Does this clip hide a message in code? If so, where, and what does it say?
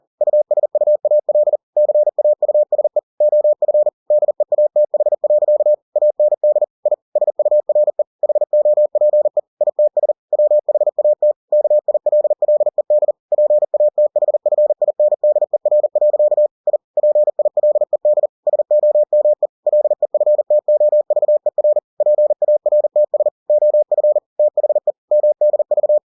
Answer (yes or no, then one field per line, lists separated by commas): yes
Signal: Morse code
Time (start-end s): 0.2-26.0 s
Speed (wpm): 40 wpm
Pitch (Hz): 600 Hz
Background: none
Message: USUAL CAUSE OF DEATH. AND I SURE HOPE ITS WHAT KILLED PATHFINDER. I PILED SOME LEFTOVER PARTS OF THE MDV